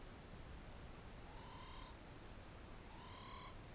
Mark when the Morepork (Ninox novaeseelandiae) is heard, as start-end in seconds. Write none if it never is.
1.14-1.97, 2.86-3.60